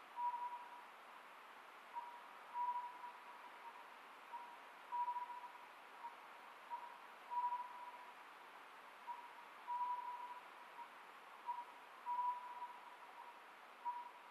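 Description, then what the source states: Oriental scops owl repeating soft, short hooted notes at short intervals, faint under steady hiss. Recorded 27 May 2010 at 23:35.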